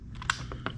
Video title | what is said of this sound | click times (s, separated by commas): Retractable Dog/Baby Gate (1 year) Review | locks in place boom you're good to go | 0.3 s, 0.7 s